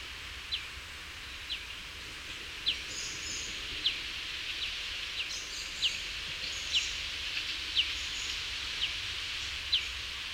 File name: Fringilla coelebs